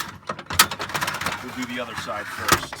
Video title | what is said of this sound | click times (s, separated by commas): Memory Maker RV 3 Awning | up releasing this come back slowly and it locks in | 0.6 s